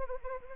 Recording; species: mosquito wingbeat signal from an infrared sensor; Anopheles arabiensis